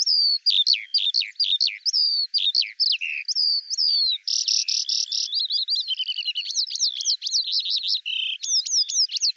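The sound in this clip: Eurasian skylark song, fast high chattering with buzzy rasping passages and rapid trilled notes, pouring out continuously.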